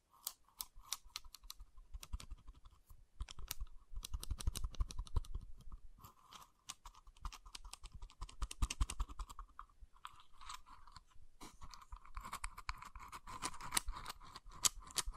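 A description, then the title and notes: Wooden ASMR triggers: rapid, uneven tapping and clicking, crisp and bright like typing, runs almost nonstop. A steady mid-pitched scratchy rustle sits under the taps, and heavier low thumps gather around 4–5 and 8–9 seconds, with brief lulls near 6 and 10 seconds. ASMR Calming Wood Triggers for Sleep (No Talking).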